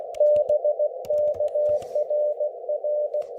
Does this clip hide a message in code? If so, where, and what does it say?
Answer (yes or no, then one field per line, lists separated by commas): yes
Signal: Morse code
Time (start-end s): 0.2-3.2 s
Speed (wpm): 17 wpm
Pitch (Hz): 600 Hz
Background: none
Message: BK RR